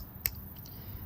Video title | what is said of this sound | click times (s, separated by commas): Richter Knives 148 MY TOP 10ish FAVORITE SLIPJOINTS! | but great size listen snap snap | 0.3 s